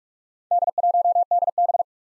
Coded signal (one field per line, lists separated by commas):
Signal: Morse code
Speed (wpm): 47 wpm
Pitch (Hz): 700 Hz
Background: none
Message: D1DB